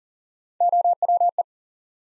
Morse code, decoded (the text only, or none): OWE